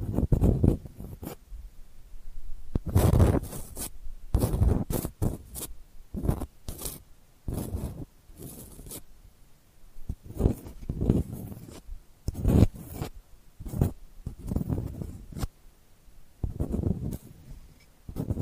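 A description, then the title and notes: Delicate scratching comes in short, uneven strokes, each a quick scrape lasting under a second, with brief pauses between them throughout. The strokes are dry, with a slight zipper-like rasp. ASMR Delicate Scratching for Sleep (No Talking).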